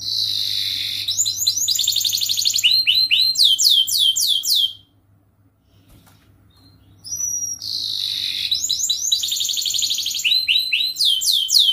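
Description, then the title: Canary song of rich rolling trills and fast repeated swept notes, broken by a pause with a brief thin high note before the trilling resumes. Gacor (lively singing) canary with the best cengkok (melodic turns) and most luxurious isian (filler phrases); kicaumania song for training. "Kenari Gacor Cengkok Isian Kenarigacor Kicaumania Kenari"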